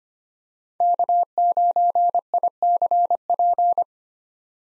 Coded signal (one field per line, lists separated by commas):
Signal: Morse code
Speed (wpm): 25 wpm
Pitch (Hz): 700 Hz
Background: none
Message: K9ICP